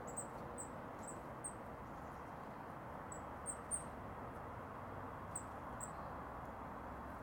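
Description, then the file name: Eurasian blue tit calling with brief, high, thin notes, some in quick pairs and some spaced apart, above a constant rushing noise. "Cyanistes caeruleus"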